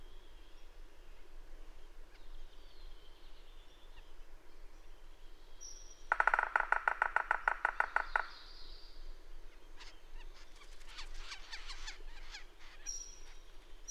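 Bird song with faint high whistles, a loud burst of rapid chattering notes for about two seconds, then scattered sharp high clicks and whistles.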